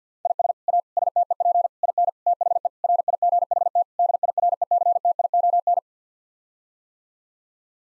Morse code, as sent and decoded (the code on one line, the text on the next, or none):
.. ... / .- / ... - . .--. / .. -. / - .... . / .-. .. --. .... - / -.. .. .-. . -.-. - .. --- -.
IS A STEP IN THE RIGHT DIRECTION